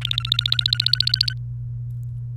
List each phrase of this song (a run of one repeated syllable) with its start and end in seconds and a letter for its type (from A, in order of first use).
0.01-1.33 A